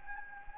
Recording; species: mosquito wingbeat signal from an infrared sensor; Anopheles gambiae